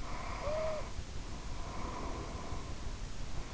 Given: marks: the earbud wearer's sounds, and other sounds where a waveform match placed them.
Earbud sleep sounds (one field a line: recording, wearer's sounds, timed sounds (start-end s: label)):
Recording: sounds in sleep by an in-ear microphone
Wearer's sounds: snoring breath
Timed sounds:
0.01-3.53 s: snoring breath